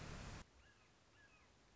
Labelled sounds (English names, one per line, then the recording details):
Red-shouldered Hawk
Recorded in Sonoma County, California